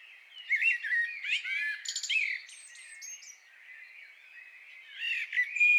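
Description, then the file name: Common blackbird song: warbled, fluting phrases with twittery high notes, sounding in bursts throughout and rising again near the end, with quiet background between phrases. "Turdus merula"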